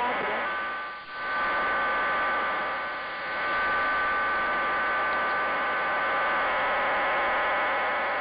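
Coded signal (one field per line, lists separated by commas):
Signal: numbers station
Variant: HM01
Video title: 07 01 2022 Cuban Spy Number HM01 in Spanish 0602 on 10345 Bejucal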